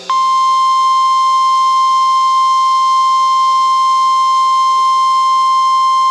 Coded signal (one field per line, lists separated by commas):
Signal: Emergency Alert System (SAME) tones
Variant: 1050 Hz attention tone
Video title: So many Severe Thunderstorms... well ok probably not many. +2 Special Marine Warnings (EAS 48-55)